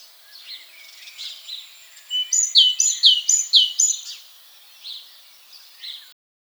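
Great tit giving a short series of loud, ringing repeated notes, with fainter notes before and after.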